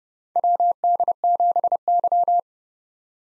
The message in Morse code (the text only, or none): WD7Y